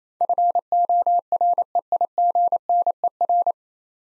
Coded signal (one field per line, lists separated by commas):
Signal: Morse code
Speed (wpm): 28 wpm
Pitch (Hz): 700 Hz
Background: none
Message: FOREIGNER